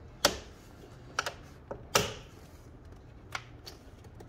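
On a 2012 Ford F150 with the 3.7L V6, the plastic spring latches on the engine air filter box lid are snapped closed by hand. Three sharp snaps sound at about 0.3, 1.2 and 2.0 seconds, with a few fainter ticks in between and after. All three latches are closed and the lid is seated.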